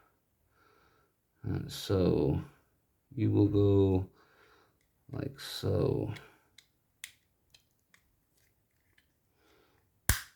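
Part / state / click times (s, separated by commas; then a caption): plastic headphone ear cup housing halves clipping together / seated / 10.1 s. Someone talks while reassembling Kotion Each G2000 gaming headphones, with a few faint ticks between 6.6 and 7.6 seconds. After the internal wiring is reconnected, the plastic ear cup housing halves are pressed back together and clip shut with a loud, sharp snap at 10.1 seconds. The housing is seated.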